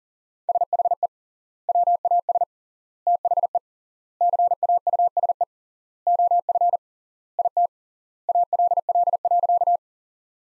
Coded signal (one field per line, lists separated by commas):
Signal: Morse code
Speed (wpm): 37 wpm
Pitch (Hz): 700 Hz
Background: none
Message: SHE WAS THE CAUSE OF IT ALL.